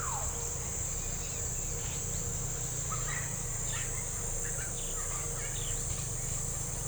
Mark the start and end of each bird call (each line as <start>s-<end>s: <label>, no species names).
2.91s-5.81s: bird call